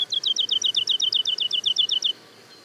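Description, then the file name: Woodlark song phrase: a rapid, even series of many liquid, slightly descending notes lasting about two seconds, then quiet. Daytime song and duet of woodlarks, Le Puech, France. "alouette lulu chant de jour et duett Le Puech F"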